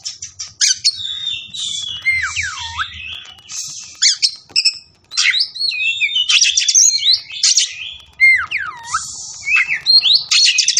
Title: Kacer Langsung Tarung Konslet KACER NGOTOT FULL TEMBAKAN